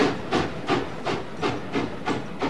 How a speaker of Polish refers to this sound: Pociąg ostatniej szansy ruszył.